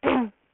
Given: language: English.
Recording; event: throat vibration sensor signal played as sound; throat clearing